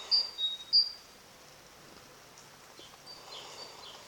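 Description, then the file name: Great tit song: high whistles alternating with a lower note within the first second, then a quiet stretch with faint sounds near the end. "Parus major"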